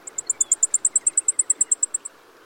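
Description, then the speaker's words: Blackpoll Warbler song: a rapid string of very high, thin, ticking notes, staying level in pitch and ending after about two seconds. "such as the Black Pole Warbler, remained in what is now Alaska and parts of Western Canada."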